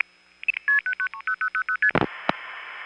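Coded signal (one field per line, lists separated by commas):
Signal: multi-frequency trunk signalling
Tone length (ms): 80 ms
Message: 30000ST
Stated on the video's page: Long-distance telephone trunk signalling from the 1970s, heard via centralized intercept, an NX1 test board and NX1 tandem calls.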